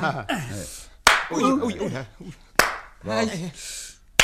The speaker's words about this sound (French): Ça vous dérangerait pas que je vous gifle ? Non, parce que j'ai envie de vous gifler. Non, mais allez-y. Eh ben, allons-y.